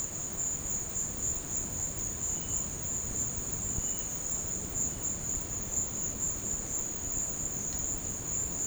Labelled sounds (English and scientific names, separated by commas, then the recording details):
none
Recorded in dense forest near Puerto Asís, Putumayo, Colombia, on 13 March 2025 at 14:30
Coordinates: 0.500, -76.322
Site GP06